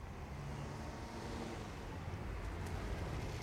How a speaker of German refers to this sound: Was war das? Denaros Wagen.